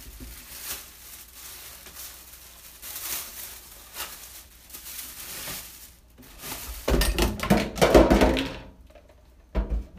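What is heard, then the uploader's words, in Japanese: Okonomiyaki cooking, with a soft, steady sizzle and scattered small crackles and pops through the first six seconds. Around seven seconds a louder, denser sizzling burst rises and lasts about two seconds, then fades, with another brief loud hiss near the end. お好み焼きを焼く。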